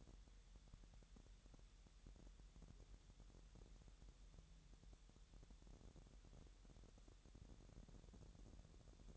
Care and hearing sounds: daily activity, microphone in the room; wipe stove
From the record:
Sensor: 3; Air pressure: 1000.8 hPa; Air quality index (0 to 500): 247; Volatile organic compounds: 172 ppm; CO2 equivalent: 4115 ppm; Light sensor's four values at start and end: 12/27/11/11 and 12/27/11/11

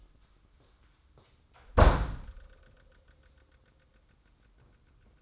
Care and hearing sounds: daily activity, microphone in the room; close door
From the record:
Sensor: 3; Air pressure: 994.3 hPa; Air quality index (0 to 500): 206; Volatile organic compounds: 1000 ppm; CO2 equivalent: 6896 ppm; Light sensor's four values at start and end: 124/296/122/117 and 127/304/126/121

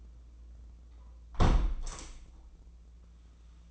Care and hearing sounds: daily activity, microphone in the room; close window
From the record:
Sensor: 1

